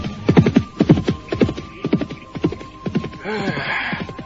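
horse galloping away

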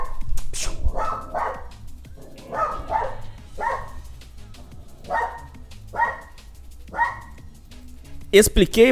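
dog barking

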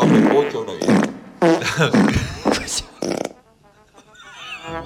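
fart

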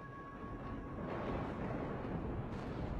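thunder rumbling

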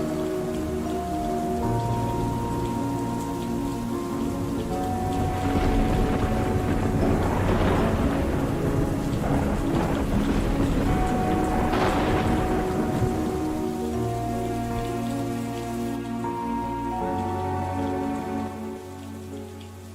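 heavy rain falling

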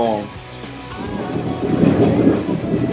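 train passing by

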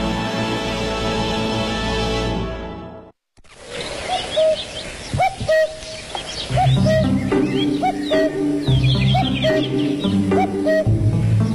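common cuckoo calling

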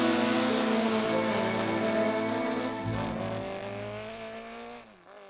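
scooter engine revving

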